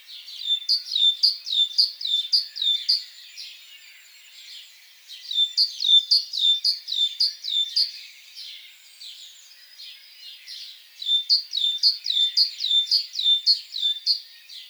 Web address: SETE data Parus major